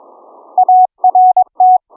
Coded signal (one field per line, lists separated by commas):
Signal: Morse code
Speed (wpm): 22 wpm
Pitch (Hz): 740 Hz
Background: none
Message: ART